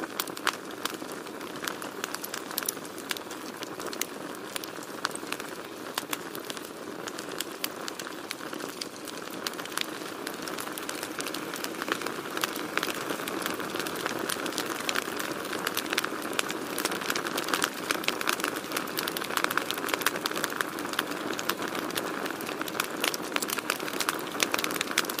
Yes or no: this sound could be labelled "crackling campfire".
yes